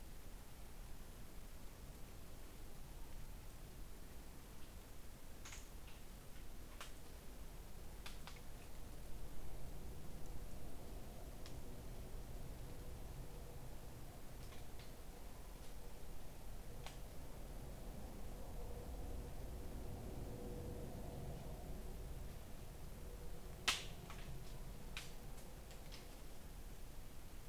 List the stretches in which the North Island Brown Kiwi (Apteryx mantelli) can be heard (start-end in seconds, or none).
none